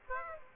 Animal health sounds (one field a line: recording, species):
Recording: mosquito wingbeat signal from an infrared sensor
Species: Aedes aegypti